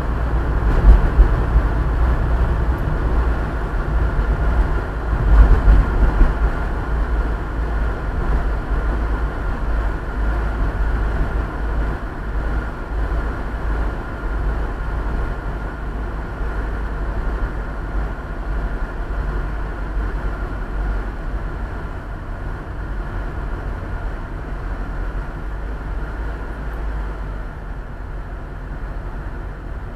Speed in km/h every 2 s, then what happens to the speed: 47, 47, 45, 43, 42, 42, 42, 42, 40, 38, 38, 36, 30, 26, 23.
0-30 slows to 23.